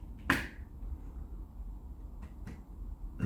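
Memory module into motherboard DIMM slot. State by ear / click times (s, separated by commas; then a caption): seated / 0.3 s. A second memory module is pushed into its DIMM slot on the motherboard, and the latch snaps shut with a loud, sharp click at 0.3 s, seating the stick. Two fainter ticks follow around 2.2 and 2.5 s, and someone talks briefly. Both modules are now installed.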